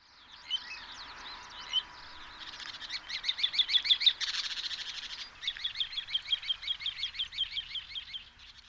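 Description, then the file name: Little ringed plover calls: a few short, high notes at first, then rapid runs of sharp repeated notes, with background noise. Date code 140514. "kochidori 140514 tasuno kuroda"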